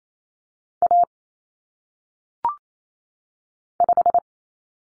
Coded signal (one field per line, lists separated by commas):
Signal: Morse code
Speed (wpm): 28 wpm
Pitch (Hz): 700 Hz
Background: none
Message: A 5